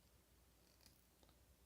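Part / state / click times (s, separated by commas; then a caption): sword scabbard into the back attachment of an action figure / seated / 0.9 s. A plastic sword scabbard is twisted onto the back peg of a Mezco Toyz One:12 Collective Blade action figure (Toy Fair 2019) until it locks in place. A single short, sharp click is heard at 0.9 s over a quiet background, and the scabbard is seated in the back mount.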